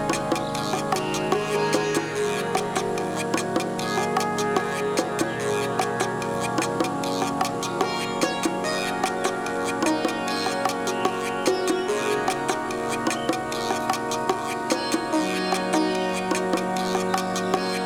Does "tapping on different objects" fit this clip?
no